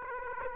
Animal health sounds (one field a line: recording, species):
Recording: mosquito wingbeat signal from an infrared sensor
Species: Aedes aegypti